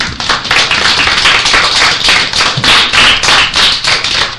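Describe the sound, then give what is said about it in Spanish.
A crowd applauds steadily, many hands clapping in a dense, continuous patter at a fairly loud level, with no speech over it. “esto se merece un aplauso, ¿no?”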